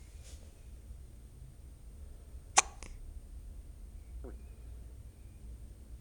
Baby Hiccups.